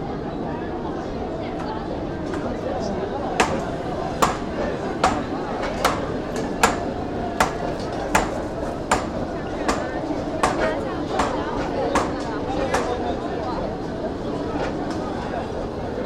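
A night market in Xi'an fills with a steady murmur of many voices talking at once. Sharp, regular chopping knocks cut through the crowd about once a second, starting a few seconds in and continuing throughout, with a low rumble underneath.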